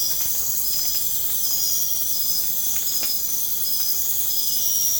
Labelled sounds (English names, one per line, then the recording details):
none
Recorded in pastures near Puerto Asís, Putumayo, Colombia, on 30 June 2025 at 04:30
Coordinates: 0.496, -76.326
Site GP01